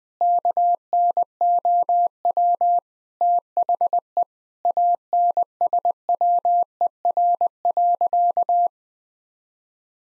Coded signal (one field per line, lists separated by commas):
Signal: Morse code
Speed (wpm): 21 wpm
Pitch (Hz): 700 Hz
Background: none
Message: KNOW THE ANSWER.